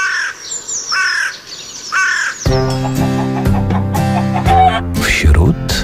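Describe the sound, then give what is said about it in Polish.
A hooded crow gives three harsh, raspy caws at a steady, unhurried pace, then music with sustained tones comes in and continues to the end. “Dziś dobra okazja, aby się wronom i ich zachowaniu przyjrzeć.”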